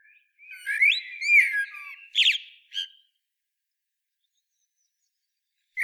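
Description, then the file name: Common blackbird song: a rich, rising and falling fluted phrase ending in a few sharp high chirps, then a long pause. "Turdus merula"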